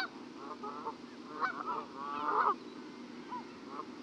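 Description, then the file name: Canada goose: canada geese calling softly, a few nasal honks rising to a brief louder burst midway over a steady background hiss. "Canada Geese (Branta canadensis)"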